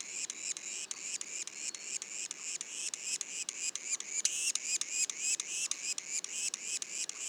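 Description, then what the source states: Yellow-bellied sapsucker young calling: rapid string of nasal notes, roughly three to four each second. Juveniles, Mont-Orford National Park, Quebec; mono recording.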